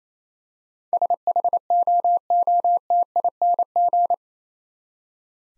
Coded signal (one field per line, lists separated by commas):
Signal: Morse code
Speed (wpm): 28 wpm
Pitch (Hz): 700 Hz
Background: none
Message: SHOOTING